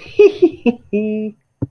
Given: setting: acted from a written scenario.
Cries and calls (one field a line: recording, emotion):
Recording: vocal sound without words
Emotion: amusement